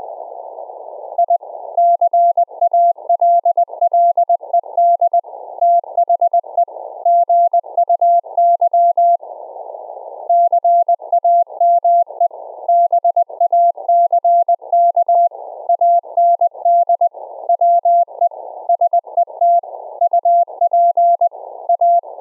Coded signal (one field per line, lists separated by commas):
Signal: Morse code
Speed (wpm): 20 wpm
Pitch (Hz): 690 Hz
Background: none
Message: I CALLED THE GUY CAME BACK AND WE SET UP A